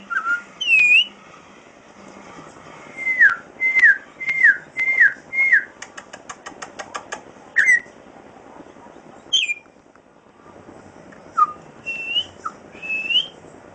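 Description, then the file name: Venezuelan troupial whistling: loud slurred notes, several repeated in quick series, then pauses and scattered single whistles. "turpial"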